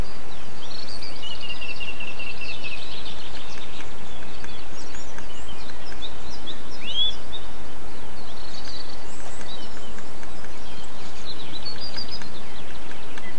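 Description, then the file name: Bird song: a fast high trill near the start, then a single sharp rising whistle and scattered faint chirps, all over constant low background rumble. Recorded 8 April 2007 on an MZ-N710 recorder. "MZ-N 710 Chants d oiseaux 8 04 07 extrait"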